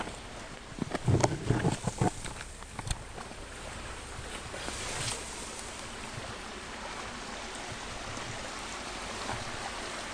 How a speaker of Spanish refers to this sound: un pequeño arroyo de deshielo. Es un sonido que escucho a diario. Y que a veces aparece en algunas de mis grabaciones porque me gusta venir a grabar acá, a este arroyo, cerca de casa.